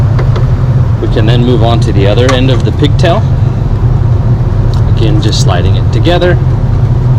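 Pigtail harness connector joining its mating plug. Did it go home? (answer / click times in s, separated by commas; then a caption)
no / none. The other end of a pigtail harness connector for a Pulsar LT on a 2019–2021 2.7 Turbo is slid together with its mating plug by hand while someone talks over a steady low hum, with brief soft handling ticks near 0.2 s, 0.4 s and 4.7 s. The plastic outer shell has not yet been pushed down, so nothing has clicked or seated by the end of the clip.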